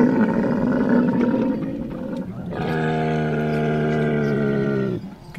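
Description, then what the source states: Dromedary roar, a low rumbling sound followed by a long, steady, deep harmonic bellow that ends abruptly. Males during the rut, when stud groups, bachelor troops and lone old stallions gather and fight.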